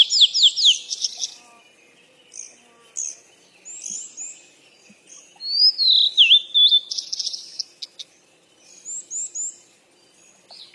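Birds chirp in bright, quick bursts throughout, with a clear descending whistle near six seconds over a quiet, faintly humming background.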